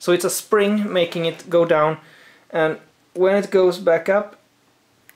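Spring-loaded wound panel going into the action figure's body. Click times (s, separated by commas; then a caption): 5.1 s. Someone talks while the spring-loaded plastic wound panel on the side of a Mattel Battle Damage Velociraptor Blue dinosaur figure is pushed back up into the figure's body. A short, sharp click is heard at 5.1 s as the panel clicks back into place and seats.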